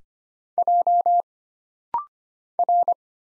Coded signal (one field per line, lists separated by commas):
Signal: Morse code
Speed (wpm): 25 wpm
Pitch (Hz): 700 Hz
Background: none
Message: J R